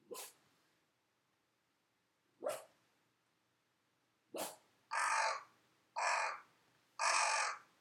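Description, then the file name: Crow cawing, three short sharp caws spaced about two seconds apart, then three longer, harsh, buzzy caws in quick succession; otherwise quiet. "karasu"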